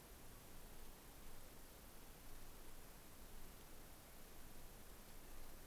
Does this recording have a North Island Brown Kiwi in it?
no